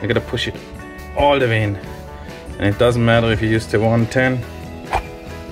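A 110V/220V adapter plug is being handled at the mobile charging box of a Ford Mustang Mach E's charger while someone talks over faint background music. It still has to be pushed hard until it sits flush, and nothing has seated or clicked yet.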